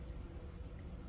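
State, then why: Not seated. A fuel line is handled onto the fuel rail or injector, where it latches in two places, during replacement of the #4 port fuel injector on a 2019 F150. A steady low rumble runs throughout, with one brief, sharp high-pitched tick at about 0.2 s. Nothing has seated or clicked yet.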